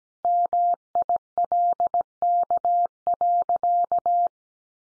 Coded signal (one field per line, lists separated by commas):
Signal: Morse code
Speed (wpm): 17 wpm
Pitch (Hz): 700 Hz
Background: none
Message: MILK.